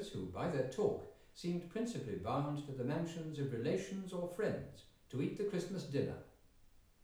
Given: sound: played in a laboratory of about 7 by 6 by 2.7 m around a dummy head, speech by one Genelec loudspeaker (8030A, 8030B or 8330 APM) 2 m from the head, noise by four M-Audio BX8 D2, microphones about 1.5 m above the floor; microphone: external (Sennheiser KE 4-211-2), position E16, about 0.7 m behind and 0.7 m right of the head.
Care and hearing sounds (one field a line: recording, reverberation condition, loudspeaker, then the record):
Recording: male speech in English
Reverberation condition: medium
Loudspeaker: 30 degrees to the right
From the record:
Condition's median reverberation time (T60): about 510 ms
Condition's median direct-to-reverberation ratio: about -0.5 dB